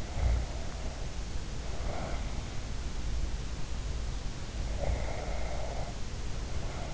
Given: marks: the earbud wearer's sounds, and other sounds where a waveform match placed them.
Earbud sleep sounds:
sounds in sleep by an in-ear microphone; snoring breath, breath
0.03-2.48 s: snoring breath
4.67-6.93 s: breath

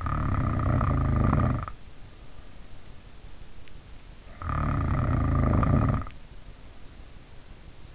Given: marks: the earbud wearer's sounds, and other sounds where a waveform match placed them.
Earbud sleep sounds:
sounds in sleep by an in-ear microphone; snoring breath
0.00-1.94 s: snoring breath
4.39-6.28 s: snoring breath

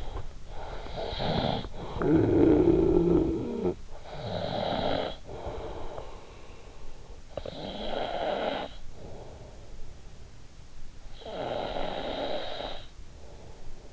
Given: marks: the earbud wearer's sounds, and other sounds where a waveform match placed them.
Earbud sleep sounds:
sounds in sleep by an in-ear microphone; snoring breath
0.20-6.48 s: snoring breath
6.91-10.06 s: snoring breath
10.80-13.23 s: snoring breath

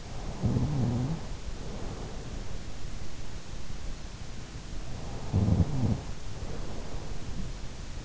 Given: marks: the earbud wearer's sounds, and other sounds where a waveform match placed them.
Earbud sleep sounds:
sounds in sleep by an in-ear microphone; snoring breath
0.43-2.45 s: snoring breath
5.07-8.05 s: snoring breath

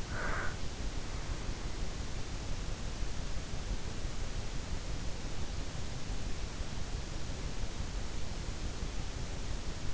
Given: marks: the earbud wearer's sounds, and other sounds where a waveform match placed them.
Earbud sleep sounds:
sounds in sleep by an in-ear microphone; breath
0.00-0.64 s: breath

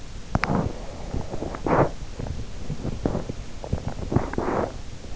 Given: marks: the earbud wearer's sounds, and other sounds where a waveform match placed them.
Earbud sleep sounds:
sounds in sleep by an in-ear microphone; teeth grinding
0.24-5.16 s: teeth grinding

